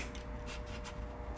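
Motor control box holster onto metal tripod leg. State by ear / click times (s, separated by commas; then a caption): not seated / none. A plastic holster for the motor control box of an Orion SkyView Pro Equatorial GoTo telescope mount is handled against the metal part of a telescope tripod leg, placed on the side closest to the ports on the RA housing so the wires don't wrap all the way around the mount. Soft, steady rubbing and handling noise runs throughout, with a brief sharper tick near 1.4 s. The holster has not snapped into place yet; nothing has seated or clicked.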